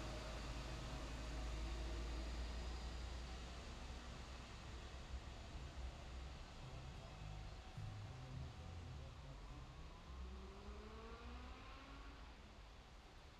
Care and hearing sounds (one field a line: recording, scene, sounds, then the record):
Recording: everyday scene through a hearing-aid microphone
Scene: in traffic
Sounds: traffic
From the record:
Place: main road on the outskirts, rush hour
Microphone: in the ear canal, left